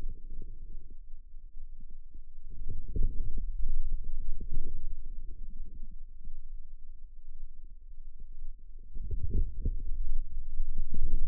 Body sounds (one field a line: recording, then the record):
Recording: forearm muscle sounds (acoustic myography)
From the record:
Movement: outward rotation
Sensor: system 2, bracelet of six BSWA MPA416 microphones around the upper forearm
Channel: 2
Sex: male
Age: 22 years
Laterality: right